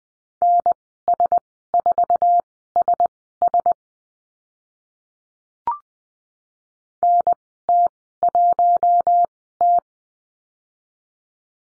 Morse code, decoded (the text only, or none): NS4SS NT1T